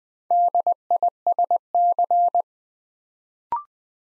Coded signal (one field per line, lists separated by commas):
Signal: Morse code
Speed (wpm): 20 wpm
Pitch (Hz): 700 Hz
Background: none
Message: DISC